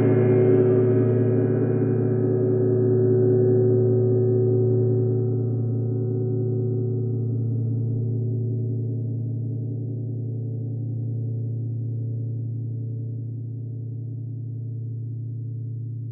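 A deep gong hums with a low, steady drone, its bright upper shimmer fading within seconds while the body slowly decays over sixteen seconds.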